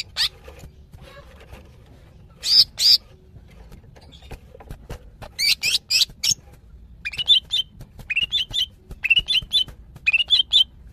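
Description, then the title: Greater green leafbird calls: two loud chirps, a cluster of sharp notes, then a series of quick rising twittered phrases. Female calling a male; described as very vocal. "CUCAK IJO BETINA GACOR HIPER MEMANGGIL JANTAN"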